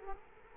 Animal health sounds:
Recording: mosquito wingbeat signal from an infrared sensor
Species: Culex quinquefasciatus

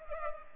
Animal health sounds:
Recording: mosquito wingbeat signal from an infrared sensor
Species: Culex pipiens

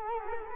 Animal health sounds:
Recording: mosquito wingbeat signal from an infrared sensor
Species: Culex quinquefasciatus

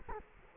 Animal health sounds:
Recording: mosquito wingbeat signal from an infrared sensor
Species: Culex quinquefasciatus

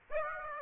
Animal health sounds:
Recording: mosquito wingbeat signal from an infrared sensor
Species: Aedes aegypti

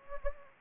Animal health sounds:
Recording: mosquito wingbeat signal from an infrared sensor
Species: Anopheles gambiae

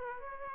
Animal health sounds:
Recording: mosquito wingbeat signal from an infrared sensor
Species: Aedes aegypti

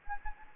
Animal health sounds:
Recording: mosquito wingbeat signal from an infrared sensor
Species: Anopheles gambiae

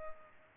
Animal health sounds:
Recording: mosquito wingbeat signal from an infrared sensor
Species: Culex pipiens

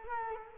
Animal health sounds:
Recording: mosquito wingbeat signal from an infrared sensor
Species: Culex quinquefasciatus

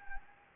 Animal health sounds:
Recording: mosquito wingbeat signal from an infrared sensor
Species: Anopheles gambiae

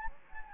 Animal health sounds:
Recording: mosquito wingbeat signal from an infrared sensor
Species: Anopheles gambiae

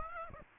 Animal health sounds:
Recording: mosquito wingbeat signal from an infrared sensor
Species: Aedes aegypti

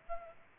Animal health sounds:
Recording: mosquito wingbeat signal from an infrared sensor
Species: Aedes aegypti

